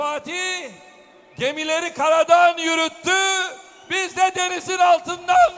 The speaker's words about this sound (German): Die Zuschauer skandieren Recep Tayyip Erdogan und verehren ihn wie einen Popstar.